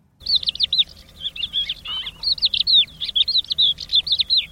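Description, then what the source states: Crested lark song, a fast run of clear whistled notes sliding up and down, varied phrases with short gaps over a faint low hum. Crested larks nest on the ground.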